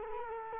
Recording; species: mosquito wingbeat signal from an infrared sensor; Culex quinquefasciatus